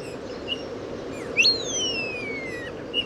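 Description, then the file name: Eurasian bullfinch call: one clear whistled note sliding steadily downward for over a second, preceded by a short rising note, with a few faint short notes in the background. "Pyrrhula pyrrhula"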